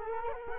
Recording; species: mosquito wingbeat signal from an infrared sensor; Culex quinquefasciatus